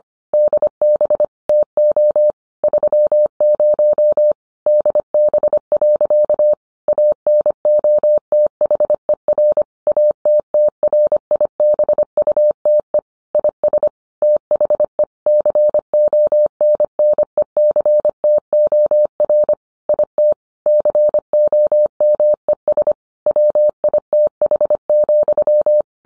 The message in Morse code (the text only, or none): DB TO 30 DB. ANOTHER ATTRIBUTE IS THE CONNECTOR IT COMES WITH,